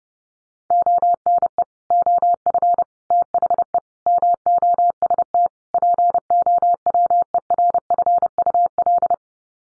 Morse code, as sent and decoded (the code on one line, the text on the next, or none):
--- -. . / --- ..-. / - .... . / -- --- ... - / .--. --- .-- . .-. ..-. ..- .-..
ONE OF THE MOST POWERFUL